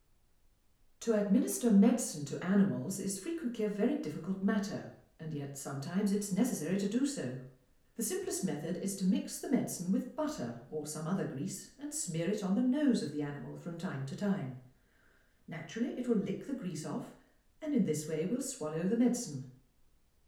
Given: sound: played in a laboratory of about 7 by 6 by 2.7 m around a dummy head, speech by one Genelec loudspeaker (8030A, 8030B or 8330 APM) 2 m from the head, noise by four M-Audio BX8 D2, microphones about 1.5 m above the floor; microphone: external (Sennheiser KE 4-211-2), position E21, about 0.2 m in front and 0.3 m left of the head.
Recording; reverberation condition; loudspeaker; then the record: female speech in English; medium; 90 degrees to the right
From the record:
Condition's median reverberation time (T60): about 510 ms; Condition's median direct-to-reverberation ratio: about -0.5 dB